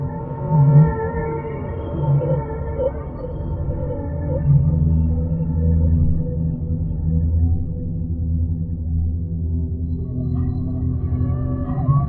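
Whale moaning calls, low drawn-out tones with layered harmonics, plus faint wavering higher notes near the end.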